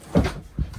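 A stowable motorhome ladder is hooked back up and pushed upward toward its stowed position in the overhead bunk mounting, where latches on both sides are meant to engage. Two dull handling knocks are heard, one around 0.2 s and another around 0.6 s. The ladder is still being handled and nothing has seated or clicked yet.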